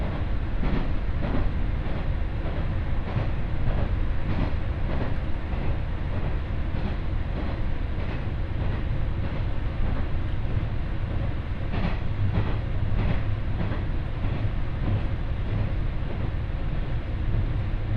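A train rumbles along a local line, heard from inside the carriage. A heavy, steady low roar fills the whole stretch, with rhythmic clicks from the rails recurring roughly every half second to second, and a faint thin whine sitting above the constant rumble.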